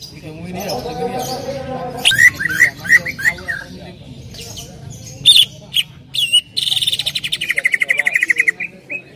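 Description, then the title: Greater green leafbird calling with scattered sharp chirps and slurred notes, building into a fast, buzzy rattle of repeated notes near the end. Female calling to a male, described as calling very actively and continuously. "CUCAK IJO BETINA GACOR HIPER MEMANGGIL JANTAN"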